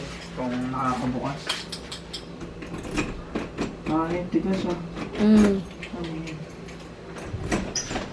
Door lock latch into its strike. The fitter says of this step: Ayan yung isa yung isa. Ayaw kumagat.